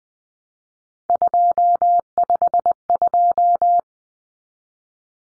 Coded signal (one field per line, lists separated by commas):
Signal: Morse code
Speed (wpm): 20 wpm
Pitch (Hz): 700 Hz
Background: none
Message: 252